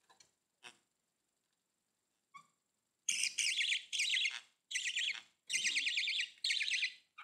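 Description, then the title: Budgerigar calls, a few faint clicks then a string of loud, buzzy warbled chirps repeated in quick succession. "Budgie Sounds"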